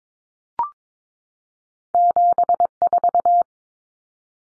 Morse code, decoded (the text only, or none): 74